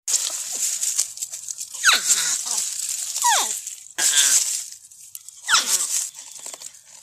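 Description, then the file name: Porcupine squeals: sharp descending squeaks in bursts roughly every one to two seconds, over a hissing high background. In the forest. "Tieng con nhim keu trong rung"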